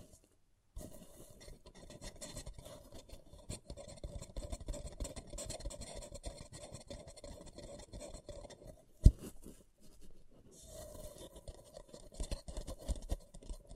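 Tingling, scratchy rubbing on a paper cup begins just under a second in and continues as a dense, raspy texture with a steady low hum beneath. A sharp tap lands around nine seconds, followed by a brief lull before the bright scratching resumes.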